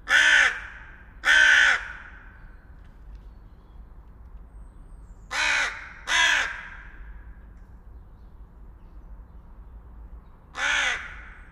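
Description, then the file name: Carrion crow calling with rough, grating caws: an opening pair, a long pause, a second, slightly softer pair, then one more caw after another gap. "Corvus corone"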